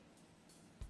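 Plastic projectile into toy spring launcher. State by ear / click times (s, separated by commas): not seated / none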